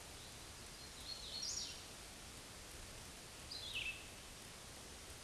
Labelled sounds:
Hooded Warbler (Setophaga citrina) song

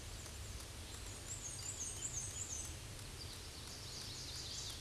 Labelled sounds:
Black-and-white Warbler (Mniotilta varia) song

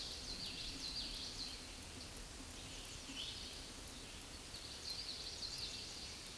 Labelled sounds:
Scarlet Tanager (Piranga olivacea) song

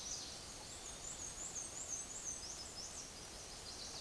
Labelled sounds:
Black-and-white Warbler (Mniotilta varia) song

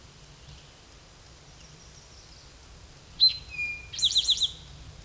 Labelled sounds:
Eastern Towhee (Pipilo erythrophthalmus) song

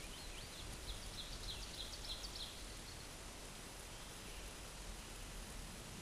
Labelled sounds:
Ovenbird (Seiurus aurocapilla) song

